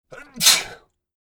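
A single adult sneeze: a brief voiced intake, then a sharp, noisy burst strongest in the high frequencies that fades within about half a second.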